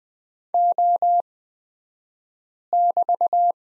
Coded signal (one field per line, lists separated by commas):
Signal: Morse code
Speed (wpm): 20 wpm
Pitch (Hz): 700 Hz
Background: none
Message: O<BT>